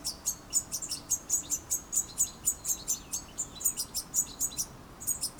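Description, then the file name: European goldfinch uttering a steady run of many clear, high chirps, with no other sounds prominent. "Carduelis carduelis"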